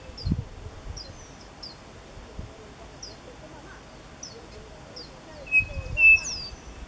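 Bird calls: thin high chirps repeated every second or so, ending with two flat, pure whistled notes; low rumbling noise underneath.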